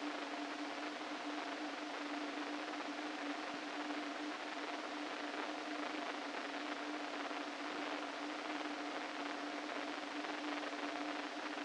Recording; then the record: brain microelectrode recording played as sound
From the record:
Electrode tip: inside the subthalamic nucleus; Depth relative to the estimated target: -4 mm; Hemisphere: right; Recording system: NeuroSet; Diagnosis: Parkinson's disease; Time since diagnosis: 13 years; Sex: male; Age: 49 years